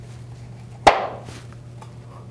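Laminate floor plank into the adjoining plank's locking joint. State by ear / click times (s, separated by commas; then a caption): seated / 0.9 s. A laminate floor plank is pressed down into the adjoining plank's locking joint with the thumbs. After a quiet background hum, it locks underneath with one loud, sharp snap at 0.9 s, followed by a brief ring-out and a couple of faint ticks. The joint is confirmed seated and locked.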